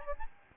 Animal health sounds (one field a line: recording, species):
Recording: mosquito wingbeat signal from an infrared sensor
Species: Aedes albopictus